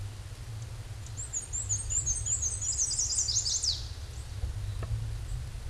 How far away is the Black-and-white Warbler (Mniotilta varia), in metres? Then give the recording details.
about 10 m. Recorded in a Pennsylvania forest on 18 May 2023 at 13:55. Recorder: AudioMoth, point grid1_9_low. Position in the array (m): 75 m, 105 m